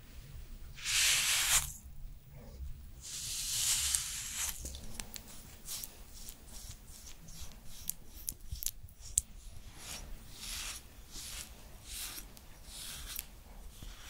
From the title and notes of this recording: ASMR Korean Special Skincare Routine for Winter (No Talking).